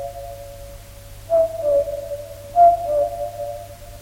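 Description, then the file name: Common cuckoo giving two falling two-note calls about a second apart, with a steady low hum and tone underneath. "Koekoek - Sound Cloud - Beeld en Geluid"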